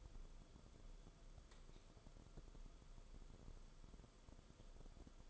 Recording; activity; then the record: daily activity, microphone in the room; light on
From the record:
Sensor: 5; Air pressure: 994.5 hPa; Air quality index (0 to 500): 191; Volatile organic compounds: 1000 ppm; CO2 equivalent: 5639 ppm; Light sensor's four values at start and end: 23/59/24/28 and 26/66/27/32